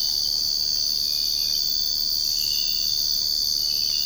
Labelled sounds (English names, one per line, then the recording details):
none
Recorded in secondary vegetation near Puerto Asís, Putumayo, Colombia, on 13 March 2025 at 05:30
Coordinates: 0.502, -76.326
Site G100